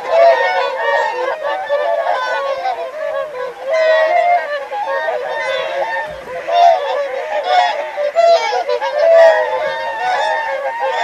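Whooper swans calling in a large group, continuous loud trumpet-like honks overlapping throughout.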